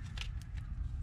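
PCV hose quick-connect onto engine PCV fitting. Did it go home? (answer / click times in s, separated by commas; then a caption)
no / none. A PCV hose quick-connect end is handled against the engine PCV fitting during an oil catch can install on a 2014-2019 Chevy Corvette LT1 6.2L, with soft scraping and brief sharp ticks at about 0.2, 0.4 and 1.0 seconds over a low rumble. Nothing has seated or clicked yet.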